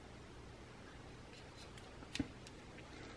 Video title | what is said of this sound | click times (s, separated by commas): The Easiest Way To Set Up A New Apple Watch | then it locks in place like this and it's nice and secure so hopefully | 2.2 s